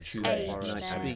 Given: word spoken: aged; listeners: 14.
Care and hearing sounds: one English word in noise, from a listening test; four-talker babble; -1.9 dB; 0 of 14; 13 of 14; 0.76 s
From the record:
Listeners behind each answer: 13, 1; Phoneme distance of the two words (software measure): 7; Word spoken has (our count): 1 syllable, 3 phonemes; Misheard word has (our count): 1 syllable, 2 phonemes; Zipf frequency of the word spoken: 4.30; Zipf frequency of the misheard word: 5.18

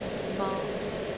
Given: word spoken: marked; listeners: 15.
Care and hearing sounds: one English word in noise, from a listening test; speech-shaped noise; -4.3 dB; 0 of 15; 9 of 15; 0.78 s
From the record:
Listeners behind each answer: 9, 4, 1, 1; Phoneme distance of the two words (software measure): 7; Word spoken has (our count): 1 syllable, 4 phonemes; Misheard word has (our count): 1 syllable, 3 phonemes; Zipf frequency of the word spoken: 4.25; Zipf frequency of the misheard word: 5.37

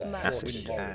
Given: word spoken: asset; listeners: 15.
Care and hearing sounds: one English word in noise, from a listening test; four-talker babble; 0.7 dB; 1 of 15; 7 of 15; 0.55 s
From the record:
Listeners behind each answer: 7, 3, 2, 1, 1, 1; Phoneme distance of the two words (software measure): 20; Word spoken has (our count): 2 syllables, 4 phonemes, stress on syllable 1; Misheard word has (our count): 2 syllables, 4 phonemes, stress on syllable 1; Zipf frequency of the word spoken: 3.82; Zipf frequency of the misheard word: 4.01

